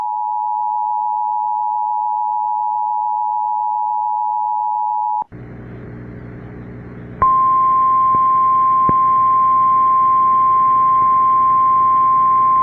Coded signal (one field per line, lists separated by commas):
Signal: Emergency Alert System (SAME) tones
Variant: 853 and 960 Hz attention tone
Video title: Tornado Warning (Dickey County, ND) (8/5/25) [EAS #220]